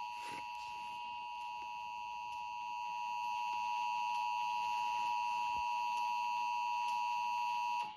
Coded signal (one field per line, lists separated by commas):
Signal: Emergency Alert System (SAME) tones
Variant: 853 and 960 Hz attention tone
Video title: Maryland Required Monthly Test on WBOC-TV